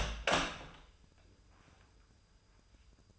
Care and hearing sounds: daily activity, microphone in the room; open door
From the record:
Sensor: 2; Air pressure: 996.0 hPa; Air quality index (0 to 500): 63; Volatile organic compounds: 3 ppm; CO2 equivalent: 1385 ppm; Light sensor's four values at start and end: 11/27/11/12 and 12/27/12/12

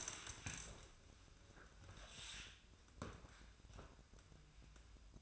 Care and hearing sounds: daily activity, microphone in the room; stand up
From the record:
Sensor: 2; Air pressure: 1004.9 hPa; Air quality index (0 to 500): 84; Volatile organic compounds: 2 ppm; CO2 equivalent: 1007 ppm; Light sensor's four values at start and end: 7/16/7/7 and 8/19/8/8

